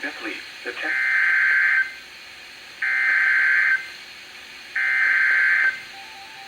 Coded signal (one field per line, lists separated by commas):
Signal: Emergency Alert System (SAME) tones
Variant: header bursts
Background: speech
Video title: EAS #1394-#1397: New Place! | WXM71 & WXM72